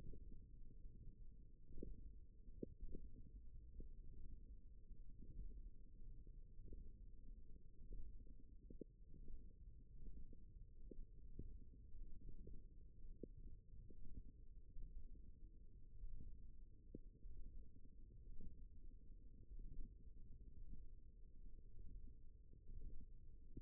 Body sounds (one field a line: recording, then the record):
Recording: forearm muscle sounds (acoustic myography)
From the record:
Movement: ulnar deviation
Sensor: system 1, eight BSWA MPA416 microphones around the upper forearm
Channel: 4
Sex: female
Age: 22 years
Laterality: right